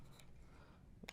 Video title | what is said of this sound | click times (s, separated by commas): Shooting with a Carcano Single Shot Enbloc Adapter | this in just like you would a normal and block clip until it clicks on the bottom there | 1.1 s